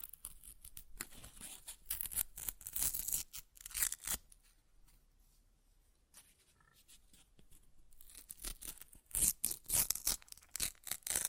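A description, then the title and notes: Paper is torn in quick, rough bursts, each rip a bright crackling rasp made of dense short strokes. Tearing runs from the start to about four seconds, falls nearly silent through the middle, then picks up again in rapid strokes from around nine seconds. ASMR Paper Ripping Tearing Sounds (No Talking).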